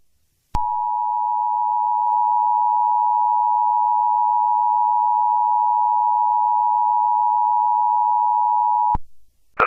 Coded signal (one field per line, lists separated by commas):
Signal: Emergency Alert System (SAME) tones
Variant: 853 and 960 Hz attention tone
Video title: eas scenario catemojibabyheat part 19